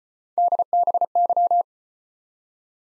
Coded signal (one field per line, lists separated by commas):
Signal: Morse code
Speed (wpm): 34 wpm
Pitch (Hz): 700 Hz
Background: none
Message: DBY